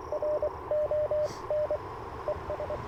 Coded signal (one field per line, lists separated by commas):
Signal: Morse code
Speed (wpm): 22 wpm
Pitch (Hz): 600 Hz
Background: radio noise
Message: RON ES